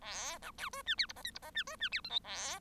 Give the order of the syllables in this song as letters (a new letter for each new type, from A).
A B C D E F G H I G H E D E F J K A